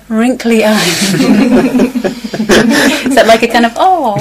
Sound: laughter